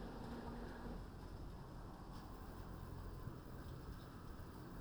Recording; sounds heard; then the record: poultry house recording; no chicken sound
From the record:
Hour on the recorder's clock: 21